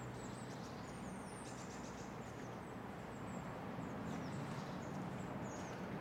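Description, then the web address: Birds giving high, thin chirps and short twitters scattered throughout over a steady low rumble like traffic. Recorded in a residential area; a calm ambience. "lynne-publishing Residential Area Birds Calm"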